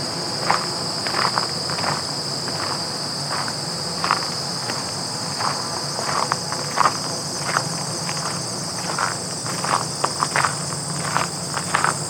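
Footsteps crunch on gravel in a steady walking rhythm, about two per second, over a constant high, shimmering buzz of grasshoppers.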